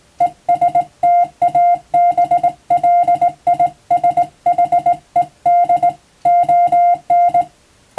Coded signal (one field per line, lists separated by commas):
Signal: Morse code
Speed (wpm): 20 wpm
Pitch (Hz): 700 Hz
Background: music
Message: ESTABLISHED ON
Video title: 【Radio officer morse practice】This is a Morse code practice video. There is a morse exam in japan.